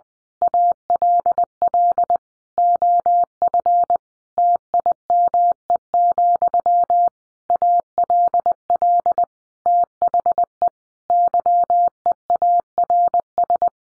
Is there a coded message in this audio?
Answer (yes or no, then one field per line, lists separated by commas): yes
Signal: Morse code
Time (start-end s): 0.4-13.7 s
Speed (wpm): 20 wpm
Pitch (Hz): 700 Hz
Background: none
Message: ALL OF TIME, ALL THE YEARS